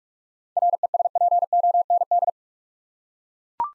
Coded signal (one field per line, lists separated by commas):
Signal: Morse code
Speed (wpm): 44 wpm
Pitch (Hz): 700 Hz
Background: none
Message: RESPOND